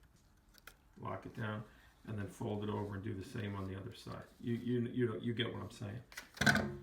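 A plastic retaining clip on a drywall sanding head is locked down over a piece of sanding screen, giving two sharp clicks at 0.6 and 0.7 seconds as it seats. Someone then talks for the rest of the clip.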